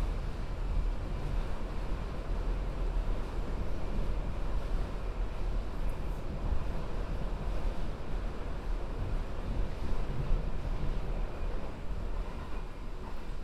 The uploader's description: A binaural field recording, from my studio in Sunset Park to my apartment in Harlem.